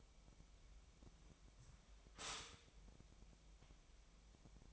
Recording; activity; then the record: daily activity, microphone in the room; stop toaster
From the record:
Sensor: 1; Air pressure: 1002.0 hPa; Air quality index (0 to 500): 239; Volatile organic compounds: 44 ppm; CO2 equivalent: 3208 ppm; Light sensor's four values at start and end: 10/35/12/14 and 10/35/12/14